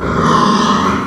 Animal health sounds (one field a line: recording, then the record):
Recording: squeal of a Yucatan mini pig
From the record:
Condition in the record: after surgery on the right vocal fold (resection and tissue-engineered implant)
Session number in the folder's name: 15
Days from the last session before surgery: 175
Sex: female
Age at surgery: 19 weeks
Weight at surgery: 25 kg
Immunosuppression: prednisolone